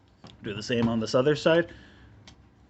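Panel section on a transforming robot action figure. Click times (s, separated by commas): 0.3 s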